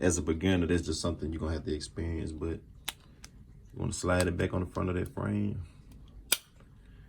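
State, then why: Seated. A metal pistol slide is slid back onto the front of a Glock 42's polymer frame during reassembly. Someone talks, small clicks and taps sound around 2.9 to 3.2 seconds, and a sharp snap at 6.3 seconds marks the slide popping into place, seated.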